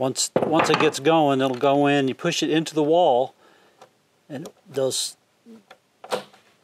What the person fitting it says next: you hear a snap